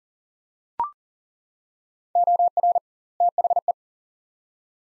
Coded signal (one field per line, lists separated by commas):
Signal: Morse code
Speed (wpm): 37 wpm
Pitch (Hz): 700 Hz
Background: none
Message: OR THE